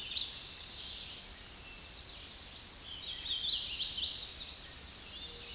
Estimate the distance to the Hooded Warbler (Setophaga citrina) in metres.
about 55 m